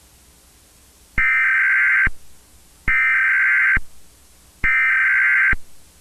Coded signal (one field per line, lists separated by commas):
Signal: Emergency Alert System (SAME) tones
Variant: header bursts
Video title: EAS Scenario | Red Trollface (#108)